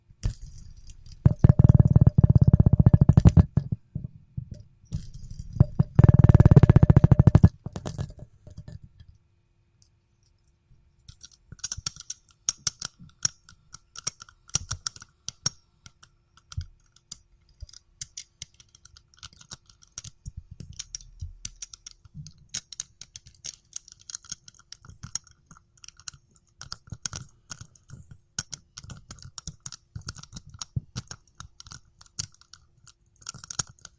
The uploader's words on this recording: ASMR Fidget Spinner Sounds Tapping and Spinning.